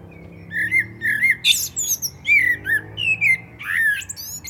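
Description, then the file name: Common blackbird singing a run of mellow, fluted whistles that rise and fall, broken by a few thin, scratchy high notes. "Turdus merula"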